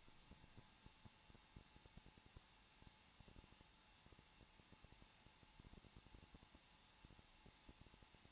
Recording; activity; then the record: daily activity, microphone in the room; no activity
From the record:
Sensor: 1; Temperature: 20.0 degrees Celsius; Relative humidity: 39.4%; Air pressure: 1006.4 hPa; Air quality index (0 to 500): 219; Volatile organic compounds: 83 ppm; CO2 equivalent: 3632 ppm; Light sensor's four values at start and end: 1/2/1/1 and 1/2/1/1